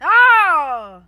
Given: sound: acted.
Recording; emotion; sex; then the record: nonverbal affect burst; anger; female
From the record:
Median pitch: 301 Hz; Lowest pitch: 159 Hz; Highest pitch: 516 Hz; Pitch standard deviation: 113 Hz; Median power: 75.4 dB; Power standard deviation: 13.3 dB